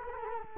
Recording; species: mosquito wingbeat signal from an infrared sensor; Culex quinquefasciatus